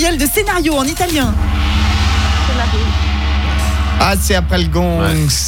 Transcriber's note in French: Gong